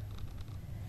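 A plastic wiring harness connector is being handled and pushed toward a new door lock switch on a 1997 Saturn SC2. Two faint, brief handling ticks sound at about 0.2 s and 0.4 s over a steady low hum. Nothing has seated or clicked yet.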